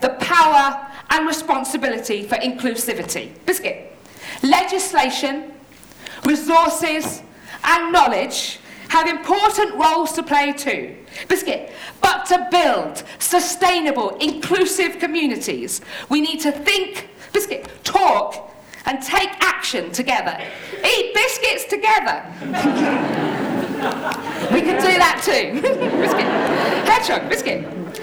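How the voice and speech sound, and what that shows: An adult woman gives a fluent talk to an audience that is repeatedly broken by an abrupt, out-of-context word, "biscuit", about six times in 28 seconds, plus "hedgehog" once, followed by audience laughter. These are involuntary vocal tics of Tourette syndrome, a neurological condition causing noises she can't control.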